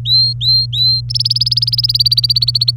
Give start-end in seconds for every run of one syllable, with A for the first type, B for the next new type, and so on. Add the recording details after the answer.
0.00-1.01 A, 1.10-2.71 B. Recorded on 27 April 2018 at 09:37. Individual llb3